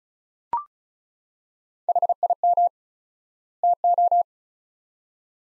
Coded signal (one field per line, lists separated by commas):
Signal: Morse code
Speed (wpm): 34 wpm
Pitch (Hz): 700 Hz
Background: none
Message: HIM TO